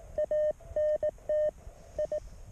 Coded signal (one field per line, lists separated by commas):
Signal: Morse code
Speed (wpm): 18 wpm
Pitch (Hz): 610 Hz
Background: none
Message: ANT I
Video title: QRP. 9v battery 2Watts